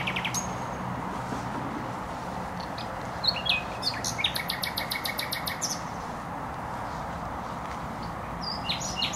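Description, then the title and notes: Nightingale song: scattered high notes leading into a fast run of repeated notes, over a continuous hiss of traffic. Singing in bushes close to a noisy motorway (Trasa Toruńska), Bródno-Podgrodzie, Warsaw, Poland; recorded with an Olympus LS-11. "Bródno-Podgrodzie, Warszawa, Polska - Trasa Toruńska Nightingale. nightingale singing in bushes close to noisy motorway. Recorder: Olympus LS-11"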